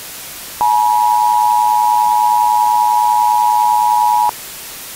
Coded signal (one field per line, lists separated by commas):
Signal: Emergency Alert System (SAME) tones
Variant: 853 and 960 Hz attention tone